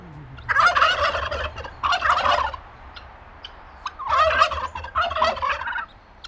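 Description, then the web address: Turkey gobbling: four loud, rattling, bubbling gobbles in two pairs, with a quiet pause between the pairs over a low background hum. Captive farmyard turkey at a zoo; recorded in 2010. "allathangok nyiregyhazizoo 2010. parasztudvar pulyka gyongytyukhatter"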